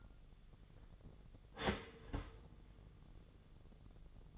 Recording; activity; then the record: daily activity, microphone in the room; start toaster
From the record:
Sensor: 4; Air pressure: 1001.1 hPa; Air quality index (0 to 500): 165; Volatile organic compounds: 2 ppm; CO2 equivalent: 1199 ppm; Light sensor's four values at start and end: 20/46/19/20 and 20/46/19/20